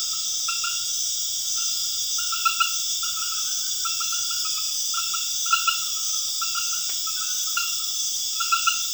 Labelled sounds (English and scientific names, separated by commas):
none